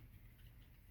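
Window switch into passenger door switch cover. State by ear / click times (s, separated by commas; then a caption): not seated / none. A new plastic power window switch for a 2003 Dodge Ram is handled and pressed toward the passenger door switch cover (bezel), with only low rumbling and light contact noise heard. Nothing has seated or clicked yet.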